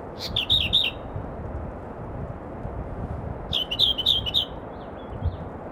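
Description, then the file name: Firethroat song: two quick bursts of rapid, high chattering notes about three seconds apart, with a soft low rumble underneath. "firethroat -Calliope-pectardens"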